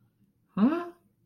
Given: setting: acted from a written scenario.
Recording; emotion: vocal sound without words; confusion